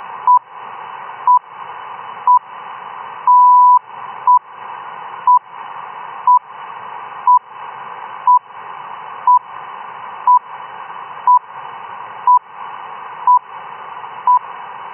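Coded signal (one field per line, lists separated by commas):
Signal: radio time signal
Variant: RWM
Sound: short 1 kHz beeps every second, one half-second beep, over hissy static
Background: radio static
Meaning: The longer tone marks the start of a minute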